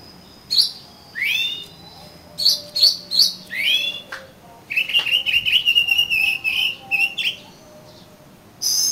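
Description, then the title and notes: Oriental magpie-robin song of rising swept whistles, followed by a long rapid chattering trill before a final high note. "suara kacer. kumpulan suara burung kacer"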